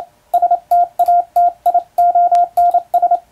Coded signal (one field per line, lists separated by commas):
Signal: Morse code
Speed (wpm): 28 wpm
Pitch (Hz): 700 Hz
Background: radio noise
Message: STATIONS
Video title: モールスを聞こう！昔はよく聞いた懐かしい音だねぇ！エレキーで打つ欧文モールス符号！機械を使うと早くモールス信号を送れます！YouTubeの速度を調整して聴こう morse code practice